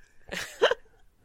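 A quick two-part burst: a soft breathy hiss, then a sharper, snorting puff, all within about half a second. It is a single small sneeze from a pet cat named Boris, with quiet room background around it.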